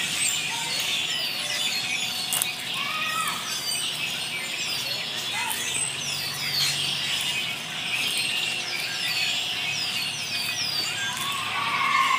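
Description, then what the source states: Birds in a loud, crowded chorus of squeaky chirps and slurred whistles, overlapping constantly across the whole stretch. Many birds calling frantically, described as going absolutely crazy.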